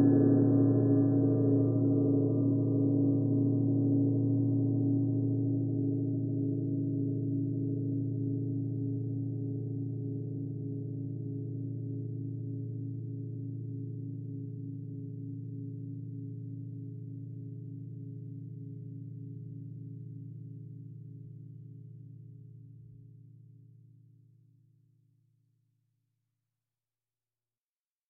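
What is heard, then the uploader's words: A single gong stroke rings out at the start and then slowly dies away over about twenty-five seconds. The tone is deep and full, with a low hum at the core and shimmering upper overtones that fade first. Silence follows. Gong.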